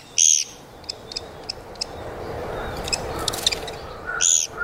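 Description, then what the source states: Japanese pygmy woodpecker giving two short, harsh buzzy calls about four seconds apart, with faint high ticks and chirps and a steady background hum between them. Recorded in Yotsuya, Tokyo, Japan.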